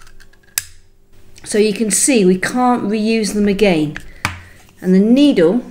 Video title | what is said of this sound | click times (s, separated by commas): Using an auto injector pen on an orange (Epi Pen, Jext , Emerade) - EMT First Aid Training - | then when it's clicked we're gonna hold it in there for 10 seconds so | 0.6 s